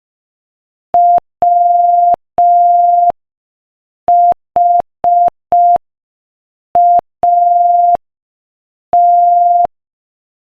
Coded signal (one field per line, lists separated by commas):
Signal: Morse code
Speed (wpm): 5 wpm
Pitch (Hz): 700 Hz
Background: none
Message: WHAT